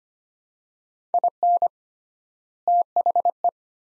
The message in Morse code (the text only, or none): IN THE